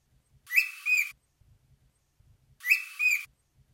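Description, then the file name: Bird call, a two-part harmonic whistled note given twice about two seconds apart, with faint low tapping sounds between. "suara am call omkicau"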